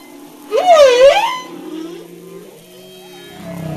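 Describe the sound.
Humpback whale song unit: a single harmonic cry that slides down and back up, followed by faint lingering tones and a soft low rumble.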